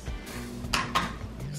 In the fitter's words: take the top case push it onto the bottom case until it clicks so